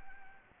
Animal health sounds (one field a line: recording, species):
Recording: mosquito wingbeat signal from an infrared sensor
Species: Anopheles gambiae